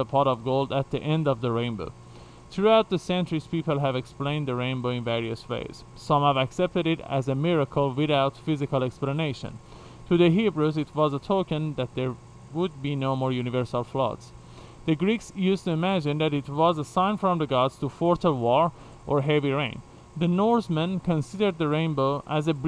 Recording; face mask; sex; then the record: reading aloud; surgical mask; male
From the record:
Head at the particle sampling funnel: facing it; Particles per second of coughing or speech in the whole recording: 0.101